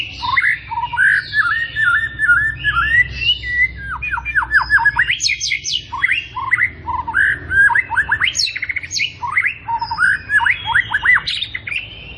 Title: PANCINGAN MURAI BATU PAGI HARI MURAI BATU GACOR ISIAN MEWAH